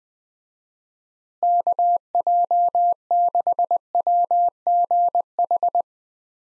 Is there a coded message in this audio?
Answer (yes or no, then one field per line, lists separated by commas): yes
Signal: Morse code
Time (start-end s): 1.4-5.8 s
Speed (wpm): 21 wpm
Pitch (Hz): 700 Hz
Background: none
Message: KJ6WGH